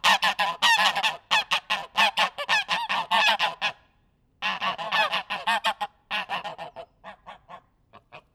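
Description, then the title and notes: Goose: geese honking loudly and rapidly, a dense chorus of harsh, grating calls with one short pause, trailing off into sparser honks. Loud geese recorded in Langel, Cologne, Germany. "Langel, Köln, Deutschland - Gänse. Laute Gänse. Loud Goose"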